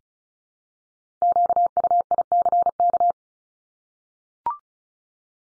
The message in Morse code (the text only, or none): QUICK